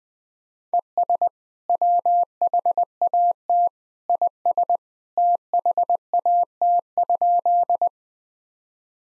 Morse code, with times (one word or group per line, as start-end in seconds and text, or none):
0.7-1.3 ES
1.7-3.7 WHAT
4.1-4.8 IS
5.2-7.9 THAT?